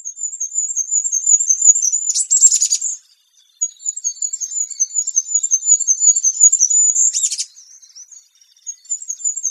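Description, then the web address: Bird calls: a very high, fast, thin trill repeated in long bouts, interrupted twice by short noisy bursts, with a brief silent gap midway. "cianscape. Deverinetal 2025. Bird Only"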